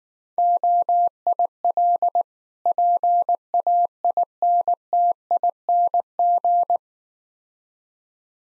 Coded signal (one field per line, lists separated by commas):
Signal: Morse code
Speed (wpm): 19 wpm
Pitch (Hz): 700 Hz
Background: none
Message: OIL PAINTING